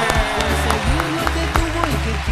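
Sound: applause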